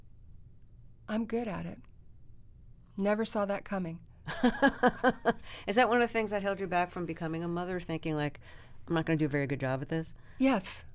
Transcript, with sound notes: I'm good at it - never saw that coming.
(Laughter) Is that one of the things that held you back from becoming a mother, thinking, like, I'm not going to do a very good job at this?